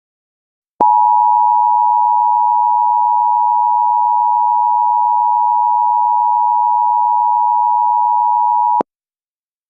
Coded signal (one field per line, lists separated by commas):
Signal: Emergency Alert System (SAME) tones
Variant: 853 and 960 Hz attention tone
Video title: EAS Strom Surge Warning New York,NY (YT SECOND)